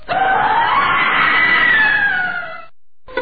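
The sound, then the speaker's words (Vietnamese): Several voices scream together in one loud, sustained, high-pitched cry lasting over two seconds, then cut off abruptly, followed by a brief silence and a faint restart. “Đức, xác ướp giả cùng ai cắp cắp đều đồng thanh la lên.”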